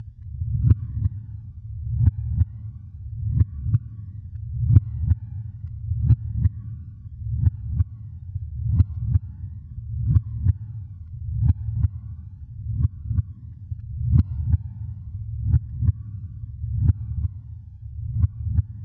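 Deep, muffled thumps repeat steadily at about 89 a minute, over a low rumbling background. This is an ordinary regular heartbeat sound effect.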